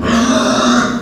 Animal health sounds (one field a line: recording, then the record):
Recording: squeal of a Yucatan mini pig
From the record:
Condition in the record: after surgery on the right vocal fold (resection and tissue-engineered implant)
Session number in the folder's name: 11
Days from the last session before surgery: 98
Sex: female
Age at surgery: 19 weeks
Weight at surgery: 25 kg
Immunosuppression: prednisolone